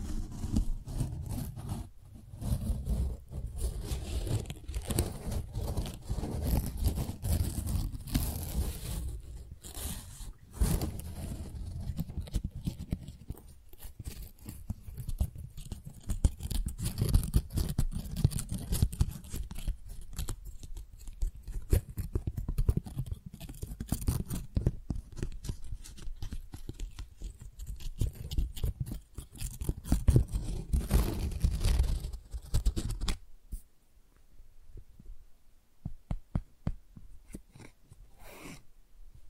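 Tingly flower sounds: dense, crinkly rustling and scratching that runs almost without pause, with a steady low rumble underneath. Sharp crisp ticks and snips are scattered throughout. Near the 33-second mark the rumble drops away, leaving sparse, lighter clicks and taps to the end.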